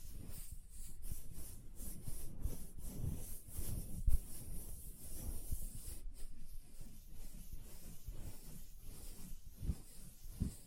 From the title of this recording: ASMR Hand Sounds, Nail Tapping and Lotion Sounds